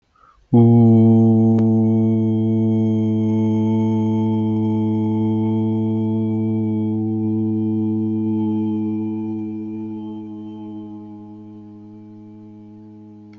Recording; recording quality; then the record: sustained vowel as in boot; excellent, no background noise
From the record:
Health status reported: healthy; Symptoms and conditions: none ticked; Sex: male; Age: 59 years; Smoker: not ticked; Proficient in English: yes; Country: India